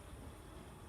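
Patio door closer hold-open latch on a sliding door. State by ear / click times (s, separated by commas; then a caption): not seated / none. A patio door closer's hold-open latch on a sliding door is swung fully open so the closer should latch it open, but the latch fails to catch, leaving magnets on either side to hold the door instead. Only a steady, low broadband rumble is heard, with no sudden sounds. Nothing has seated or clicked yet.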